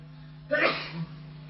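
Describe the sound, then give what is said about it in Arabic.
One sudden sneeze bursts out, a sharp breathy blast that fades within about half a second, over a steady low electrical hum. “يرحمك الله”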